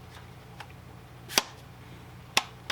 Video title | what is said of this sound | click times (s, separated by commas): Smith n Wesson 15 22 | the different positions locks right in there | 1.4 s, 2.4 s